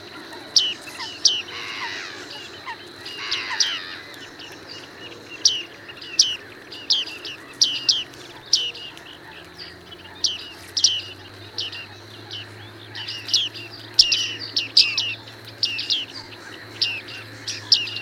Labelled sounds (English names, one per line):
Bearded Reedling call